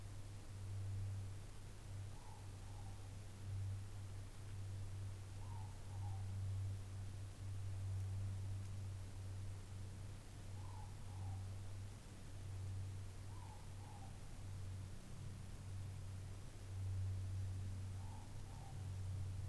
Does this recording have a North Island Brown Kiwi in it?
no